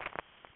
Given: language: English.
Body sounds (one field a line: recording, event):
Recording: throat vibration sensor signal played as sound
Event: swallow